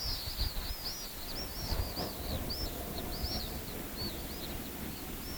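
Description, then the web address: Pale swift song, a run of shrill, arching screams repeated rapidly throughout, with low rumbling noise underneath. "chant xeno-canto martinet pale"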